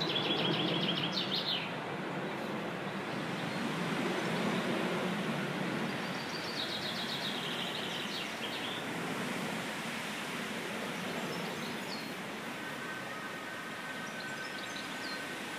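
Bird song: two high, fast trilled phrases, one at the start and one around the middle, over a constant loud rushing rumble.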